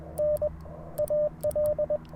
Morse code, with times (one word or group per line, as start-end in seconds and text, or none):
0.2-0.5 N
1.0-2.0 AL